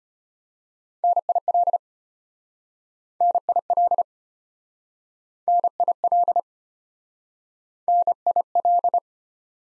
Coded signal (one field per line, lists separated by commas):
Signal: Morse code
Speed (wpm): 34 wpm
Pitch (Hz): 700 Hz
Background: none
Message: NIL NIL NIL NIL